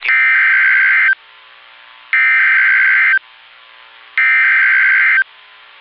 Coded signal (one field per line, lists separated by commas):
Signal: Emergency Alert System (SAME) tones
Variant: header bursts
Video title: Confirmed Tornado Warning (EAS 281)